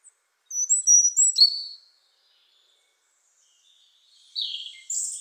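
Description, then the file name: European robin giving thin, pure, high whistles that end in a sharp drop, then after a pause a further phrase of high notes. "Erithacus rubecula"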